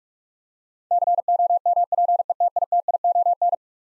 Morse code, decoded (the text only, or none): COMPETITION